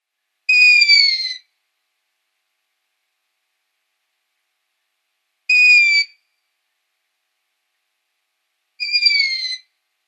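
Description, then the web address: Long-eared owl young making three drawn-out, squeaky falling notes several seconds apart against silence. Downy young. "Schulze Peter Long-eared Owl"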